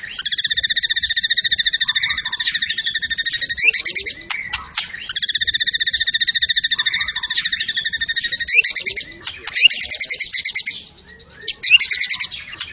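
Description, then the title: White-rumped shama pouring out two long, fast, steady trills of repeated notes, each ending in chattering phrases, then shorter trilled bursts. Used as a lure sound; energetic shama delivering its full repertoire, intended to stimulate other shamas' emotion. "PANCINGAN MURAI BATU. MURAI GACOR SUPER EDAN SEMUA MATERI DI KELUARIN COCOK BUAT DONGKRAK EMOSI. SHAMA BIRD"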